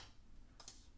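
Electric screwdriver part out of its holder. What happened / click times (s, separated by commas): The part pops out of its holder / 0.7 s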